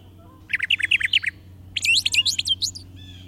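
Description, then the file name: Brown thrasher song: two rapid chattering phrases of repeated sharp notes, the second more varied and scratchy, with a low steady hum behind. Chirping song. "suara kicauan brown trasher. omkicau"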